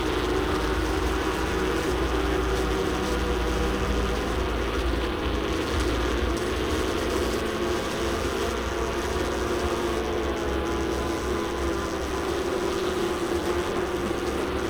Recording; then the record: honeybees, microphone in the hive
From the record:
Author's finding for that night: worker piping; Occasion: New Year's Eve 2019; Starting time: 12:22:55 AM